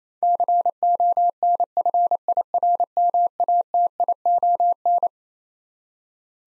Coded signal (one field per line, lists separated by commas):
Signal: Morse code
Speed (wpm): 27 wpm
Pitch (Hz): 700 Hz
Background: none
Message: CONFIRMATION